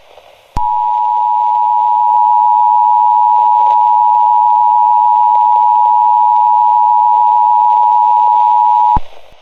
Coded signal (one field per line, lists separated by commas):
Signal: Emergency Alert System (SAME) tones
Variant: 853 and 960 Hz attention tone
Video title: California EAS Test, 2029